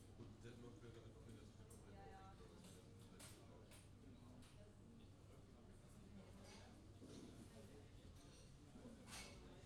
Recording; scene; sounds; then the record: everyday scene through a hearing-aid microphone; many people talking; many voices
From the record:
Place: university cafeteria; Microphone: in the ear canal, left